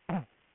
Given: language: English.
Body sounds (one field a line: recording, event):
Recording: throat vibration sensor signal played as sound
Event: throat clearing